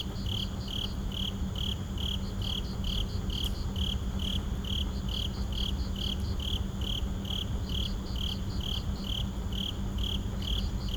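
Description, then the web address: Insect: a steady series of short high pulses, with a fainter higher pulsed layer in groups and a constant low hum and rumble underneath. Night insects in a suburban park. "boom library Urban and Suburban Suburban park night insects"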